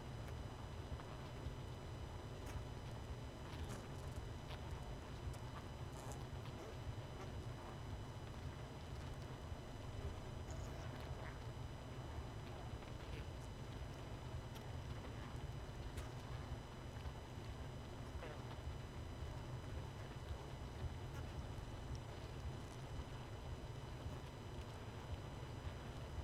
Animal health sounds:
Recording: honeybee colony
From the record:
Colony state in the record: missing queen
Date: 31 May 2018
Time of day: 20:31

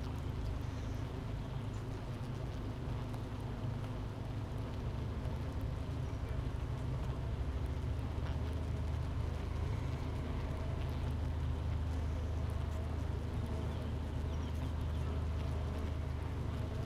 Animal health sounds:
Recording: honeybee colony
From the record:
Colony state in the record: missing queen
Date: 31 May 2018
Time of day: 9:58

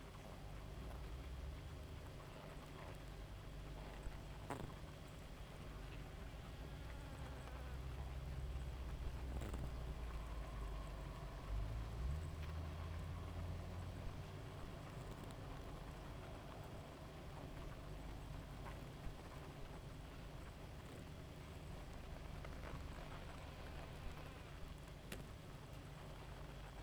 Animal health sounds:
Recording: honeybee colony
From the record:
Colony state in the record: active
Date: 28 July 2017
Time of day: 0:04

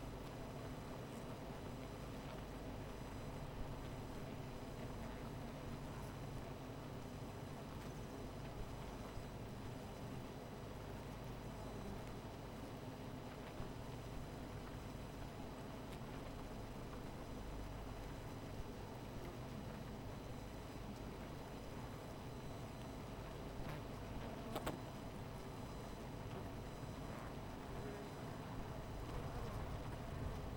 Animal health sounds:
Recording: honeybee colony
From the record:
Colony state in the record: missing queen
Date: 14 July 2017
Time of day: 17:26

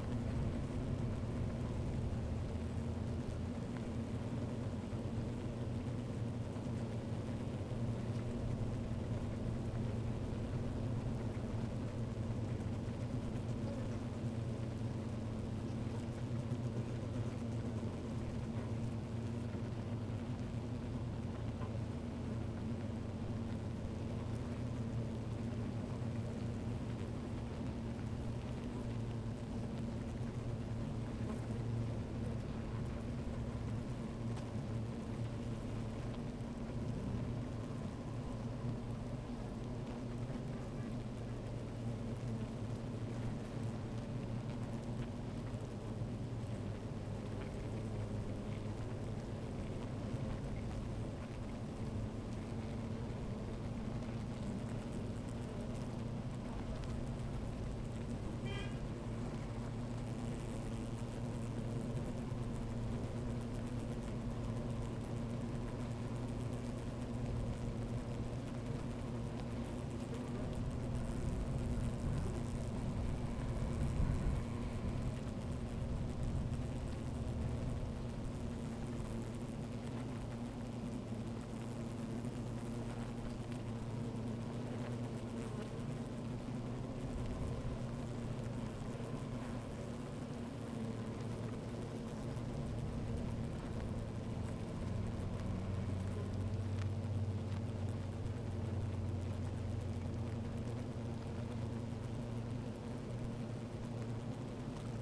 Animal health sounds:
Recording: honeybee colony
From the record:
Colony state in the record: active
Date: 28 July 2017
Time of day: 13:02

